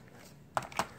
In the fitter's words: which just clicks on just like this